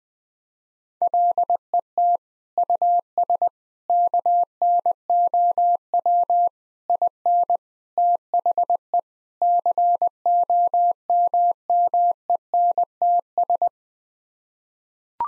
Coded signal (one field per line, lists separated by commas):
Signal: Morse code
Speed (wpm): 20 wpm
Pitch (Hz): 700 Hz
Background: none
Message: LET US KNOW IN THE COMMENTS